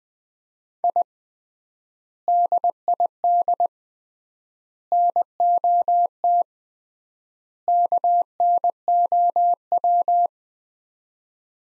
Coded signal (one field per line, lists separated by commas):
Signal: Morse code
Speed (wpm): 20 wpm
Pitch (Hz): 700 Hz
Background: none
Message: I DID NOT KNOW